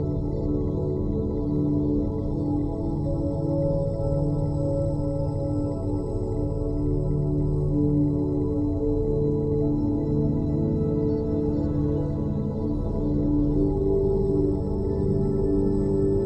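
Binaural beats: a dense, steady bed of low sustained tones, with several pitches layered between the deep bass and the lower middle, some slowly fading in and out over the sixteen seconds. Nothing bright sits on top, and the loudness stays even throughout.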